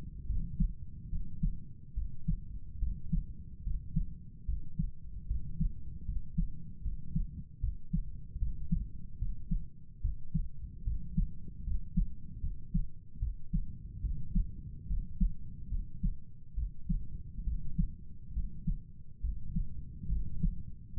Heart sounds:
heart sounds by stethoscope; 73 bpm
0.27 s: heartbeat
1.10 s: heartbeat
1.95 s: heartbeat
2.79 s: heartbeat
3.63 s: heartbeat
4.46 s: heartbeat
5.27 s: heartbeat
6.05 s: heartbeat
6.82 s: heartbeat
7.60 s: heartbeat
8.39 s: heartbeat
9.18 s: heartbeat
10.01 s: heartbeat
10.84 s: heartbeat
11.64 s: heartbeat
12.41 s: heartbeat
13.19 s: heartbeat
14.01 s: heartbeat
14.87 s: heartbeat
15.69 s: heartbeat
16.55 s: heartbeat
17.44 s: heartbeat
18.33 s: heartbeat
19.21 s: heartbeat
20.09 s: heartbeat
20.94 s: heartbeat
From the record:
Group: healthy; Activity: rest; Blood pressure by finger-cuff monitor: 118/73 mmHg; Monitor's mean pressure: 85 mmHg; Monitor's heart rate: 73 bpm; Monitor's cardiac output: 6.8 L/min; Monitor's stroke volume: 95 mL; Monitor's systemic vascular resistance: 920 dyn s/cm5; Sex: male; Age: 35 years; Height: 180 cm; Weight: 86.9 kg

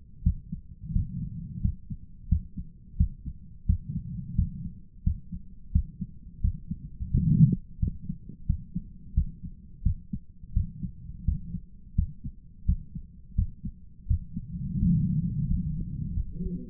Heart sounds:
heart sounds by stethoscope; 87 bpm
0.22 s: heartbeat
0.91 s: heartbeat
1.61 s: heartbeat
2.28 s: heartbeat
2.96 s: heartbeat
3.65 s: heartbeat
4.34 s: heartbeat
5.02 s: heartbeat
5.71 s: heartbeat
6.40 s: heartbeat
7.10 s: heartbeat
7.79 s: heartbeat
8.45 s: heartbeat
9.13 s: heartbeat
9.82 s: heartbeat
10.52 s: heartbeat
11.24 s: heartbeat
11.94 s: heartbeat
12.65 s: heartbeat
13.34 s: heartbeat
14.06 s: heartbeat
14.78 s: heartbeat
15.47 s: heartbeat
16.13 s: heartbeat
From the record:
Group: healthy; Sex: male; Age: 57 years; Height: 188 cm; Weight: 106 kg

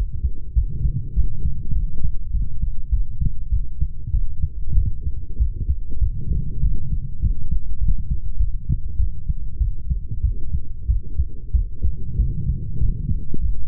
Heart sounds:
heart sounds by stethoscope; 98 bpm
0.55 s: heartbeat
1.15 s: heartbeat
1.74 s: heartbeat
2.32 s: heartbeat
2.91 s: heartbeat
3.50 s: heartbeat
4.12 s: heartbeat
4.75 s: heartbeat
5.38 s: heartbeat
6.00 s: heartbeat
6.62 s: heartbeat
7.21 s: heartbeat
7.80 s: heartbeat
8.38 s: heartbeat
8.98 s: heartbeat
9.59 s: heartbeat
10.22 s: heartbeat
10.87 s: heartbeat
11.52 s: heartbeat
12.17 s: heartbeat
12.80 s: heartbeat
13.40 s: heartbeat
From the record:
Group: healthy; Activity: light exercise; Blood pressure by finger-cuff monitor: 154/83 mmHg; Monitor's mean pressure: 102 mmHg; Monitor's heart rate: 98 bpm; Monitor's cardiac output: 8.2 L/min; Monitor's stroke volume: 82 mL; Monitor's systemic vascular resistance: 930 dyn s/cm5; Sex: female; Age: 32 years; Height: 168 cm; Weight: 61.9 kg

